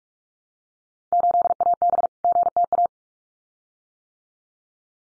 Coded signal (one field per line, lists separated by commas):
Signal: Morse code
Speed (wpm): 44 wpm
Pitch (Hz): 700 Hz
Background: none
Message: 8AB GTA